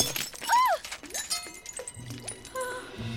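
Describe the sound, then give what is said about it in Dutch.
A sharp shattering burst as a glass fake ruby is smashed, followed by scattered tinkling fragments, with brief sliding vocal sounds over the top. “Een echte robijn sla je niet kapot.”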